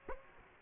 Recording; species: mosquito wingbeat signal from an infrared sensor; Aedes aegypti